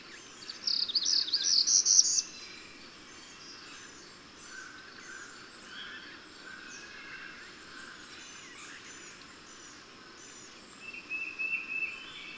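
Bird song: a bright, high twittering burst in the first two seconds, then faint chirps and a short high trill near the end over steady insect-like hiss.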